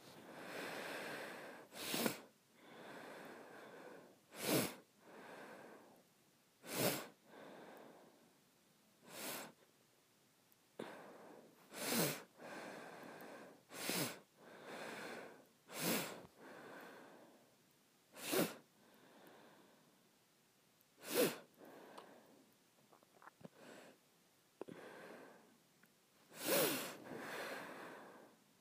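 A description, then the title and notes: Sharp, hissing sniffs repeat through the clip, roughly every two to three seconds, each a brief bright burst of air. Between them come softer, longer breathy stretches, like slower inhales and exhales, with short pauses of near silence. ASMR Sniffing and Smelling.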